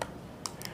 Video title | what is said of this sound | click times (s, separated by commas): Unboxing Insta360 One X2 & Accessories - First Impressions of Motorcycle Kit | and you have to be very careful to push it all the way in and get two clicks, one on the top and the bottom, | 0.5 s, 0.7 s